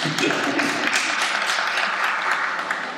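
A group at a workplace service meeting breaks into steady applause for the new maintenance area leader, many hands clapping at once in a dense, continuous patter that holds at an even level for the whole stretch, with some murmuring voices mixed underneath.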